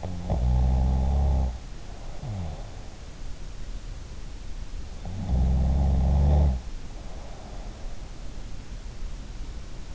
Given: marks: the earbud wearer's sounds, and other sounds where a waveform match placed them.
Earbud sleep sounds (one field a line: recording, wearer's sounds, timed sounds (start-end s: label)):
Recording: sounds in sleep by an in-ear microphone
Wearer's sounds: snoring breath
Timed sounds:
0.00-2.63 s: snoring breath
5.21-7.62 s: snoring breath